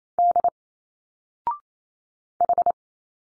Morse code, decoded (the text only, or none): D H